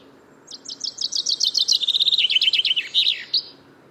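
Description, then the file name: Common chaffinch singing one full phrase of rapid repeated chirps, sliding lower as it goes and closing with a quick terminal flourish; soft background hiss. "Fringilla coelebs"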